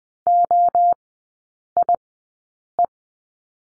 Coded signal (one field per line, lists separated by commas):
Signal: Morse code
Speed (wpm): 20 wpm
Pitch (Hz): 700 Hz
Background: none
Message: OIE